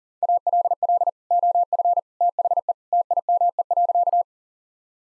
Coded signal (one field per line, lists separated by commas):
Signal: Morse code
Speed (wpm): 37 wpm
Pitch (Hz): 700 Hz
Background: none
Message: ALL OF THE TIME.